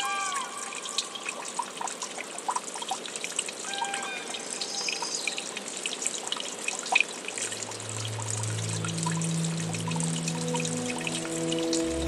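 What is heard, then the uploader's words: A brook trickles and splashes throughout, a dense, steady patter of bright little drips and gurgles. Short thin whistles flick through the first few seconds. From about seven seconds a low humming tone comes in and steps upward in pitch, holding to the end. Nature & Music - Brookside Meditation. This bonus episode has no story, only binaural nature sounds I recorded here at my cabin mixed with relaxing music.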